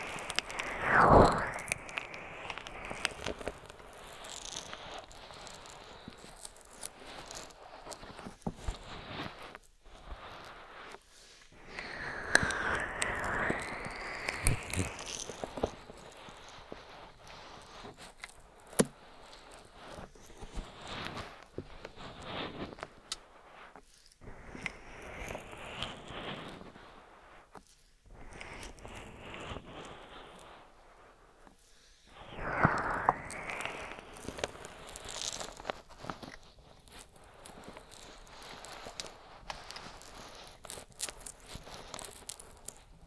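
Ear massage with oil and bare hands: slick, rubbing and squelching strokes come in swelling bursts, strongest near the start, around 12–15 seconds and again around 33–36 seconds. Between them are quieter stretches of soft brushing, with scattered sharp clicks and crackles throughout.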